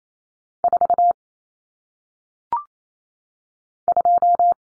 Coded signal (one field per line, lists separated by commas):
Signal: Morse code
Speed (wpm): 28 wpm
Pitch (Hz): 700 Hz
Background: none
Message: 4 2